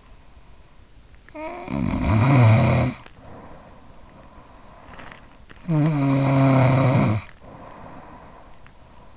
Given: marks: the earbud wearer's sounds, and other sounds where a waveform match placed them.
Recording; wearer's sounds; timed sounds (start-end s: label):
sounds in sleep by an in-ear microphone; snoring breath
0.72-3.92 s: snoring breath
5.00-9.17 s: snoring breath